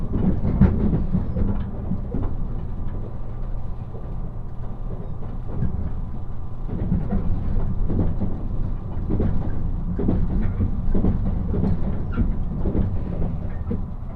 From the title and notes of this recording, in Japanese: 西九州新幹線 長崎→佐賀。西九州新幹線の全線通し、全駅停車の列車に乗って佐賀まで向かいます。